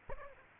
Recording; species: mosquito wingbeat signal from an infrared sensor; Aedes aegypti